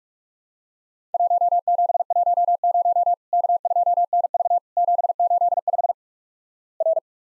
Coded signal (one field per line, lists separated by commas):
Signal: Morse code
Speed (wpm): 46 wpm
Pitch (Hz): 700 Hz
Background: none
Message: 1710 K2NV 785 R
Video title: Worked All Europe DX Contest QTC Exchange 45wpm